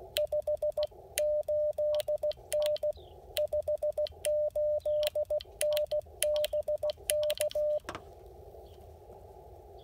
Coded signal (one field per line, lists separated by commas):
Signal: Morse code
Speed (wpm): 16 wpm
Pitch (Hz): 590 Hz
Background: radio noise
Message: 58N 58N BK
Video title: POTA Activation: Second Creek Game Land with the Icom IC-705 and CHA MPAS 2.0